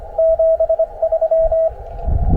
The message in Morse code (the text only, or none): 73